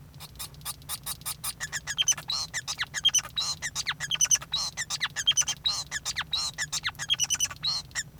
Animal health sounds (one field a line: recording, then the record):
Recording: song of a male Bengalese finch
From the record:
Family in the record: son of father 5